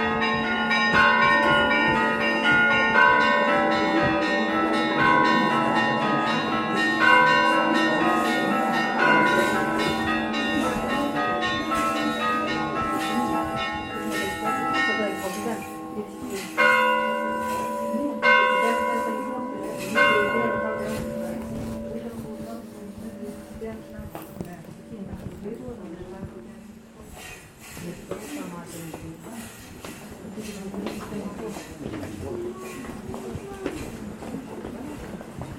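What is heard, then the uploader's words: Bells ring in dense, overlapping peals during an Easter ceremony at a monastery, thinning after about 27 seconds as voices and crowd murmur remain. Orthodox Easter ceremony in Meteora monastery, Greece. Field-recordings taken in the Holy Monastery of Great Meteoron (Meteora)during Big Saturday ceremony.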